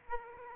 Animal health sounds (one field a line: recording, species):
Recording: mosquito wingbeat signal from an infrared sensor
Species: Aedes aegypti